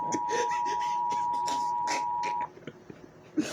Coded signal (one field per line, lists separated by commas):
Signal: Emergency Alert System (SAME) tones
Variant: 853 and 960 Hz attention tone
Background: speech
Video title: the infection Thanksgiving 2016 eas scenario movie night reaction🍿🥧